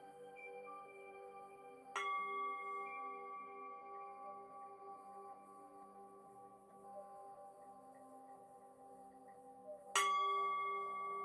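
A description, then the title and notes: A singing bowl rings with long, steady sustained tones that hold and slowly fade across the whole clip. It is struck twice, near two seconds and again near ten, each strike adding a bright attack and fresh ringing overtones. MIDI and BOWL sounds 7 mins per chakra.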